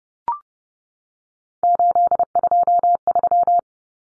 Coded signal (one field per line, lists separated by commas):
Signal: Morse code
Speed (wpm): 30 wpm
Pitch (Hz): 700 Hz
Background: none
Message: 823